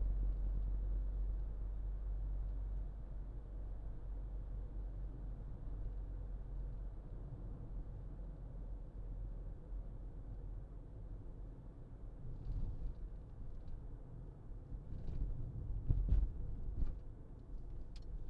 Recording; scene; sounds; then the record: everyday scene through a hearing-aid microphone; in a vehicle; engine, highway driving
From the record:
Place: Berlingo II, diesel engine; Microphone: in the ear canal, left